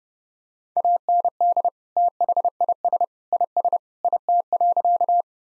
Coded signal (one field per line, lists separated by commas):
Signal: Morse code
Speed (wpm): 30 wpm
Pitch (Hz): 700 Hz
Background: none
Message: AND THIS IS IT.